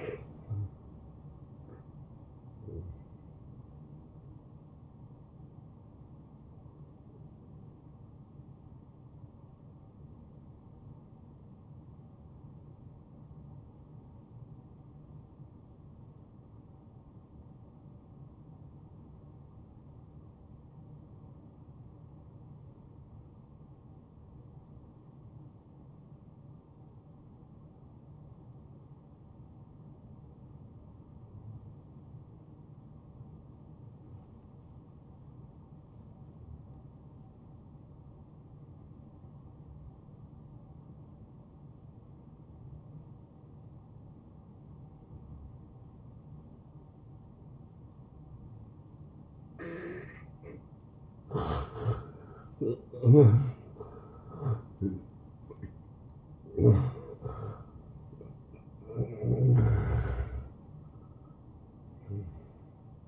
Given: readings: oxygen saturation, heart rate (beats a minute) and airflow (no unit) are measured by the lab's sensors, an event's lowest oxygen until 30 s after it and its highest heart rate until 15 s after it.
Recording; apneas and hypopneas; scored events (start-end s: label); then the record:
breathing in sleep by a smartphone at the bedside; 1
5.00-51.60 s: hypopnea (N2, oxygen 94% highest, then 81% lowest, heart rate 80 at the start, 86 highest)
From the record:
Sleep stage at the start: N2 (light sleep); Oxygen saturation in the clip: 85 to 94%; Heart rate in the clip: 71 to 86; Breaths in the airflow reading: 9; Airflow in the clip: -12.0 to 10.1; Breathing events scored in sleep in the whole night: 263 in 5.5 hours asleep